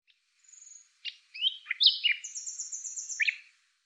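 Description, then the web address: Bird song with a thin high whistle, sharp chips and slurred notes, then a fine high trill and a final buzzy chirp. "Deverinetal 2025"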